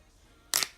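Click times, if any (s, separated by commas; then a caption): 0.6 s. The adjustable metal headband slider on a pair of headphones is slid in its frame to a new detent, producing crisp, bright clicks at 0.6 s and 0.6 s over a quiet background. The headband seats in its new position with nice, distinct clicks.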